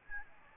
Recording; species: mosquito wingbeat signal from an infrared sensor; Aedes albopictus